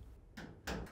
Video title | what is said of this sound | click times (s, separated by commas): How to replace Left Door Hinge part # WP8066057 on your Whirlpool Maytag Amana Dryer | slowly close the top panel and firmly snap both sides onto the | 0.7 s